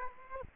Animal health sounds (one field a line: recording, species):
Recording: mosquito wingbeat signal from an infrared sensor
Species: Aedes aegypti